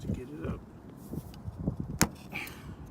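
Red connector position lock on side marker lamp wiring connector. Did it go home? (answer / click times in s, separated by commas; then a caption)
released / 2.0 s. Someone talks while prying upward on the red plastic position lock of the side marker lamp's wiring connector on a 2019 Dodge Challenger Scatpack to unclamp the wire. A sharp plastic snap is heard at 2.0 s as the lock tab gives and releases open.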